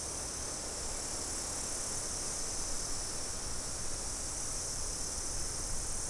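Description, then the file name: Insects: a continuous high hissing drone, even in loudness from start to finish, with a low rumble underneath. "mainly insect"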